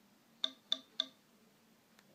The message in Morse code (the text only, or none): none